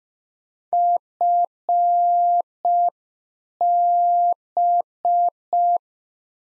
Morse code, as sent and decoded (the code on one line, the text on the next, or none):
..-. -...
FB